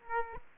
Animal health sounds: mosquito wingbeat signal from an infrared sensor; Aedes aegypti

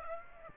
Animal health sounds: mosquito wingbeat signal from an infrared sensor; Aedes aegypti

